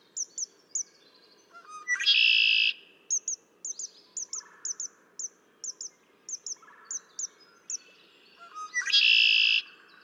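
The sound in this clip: Red-winged blackbird repeating its harsh buzzy trill twice, with rapid high chipping notes and lower rising whistles filling the gaps.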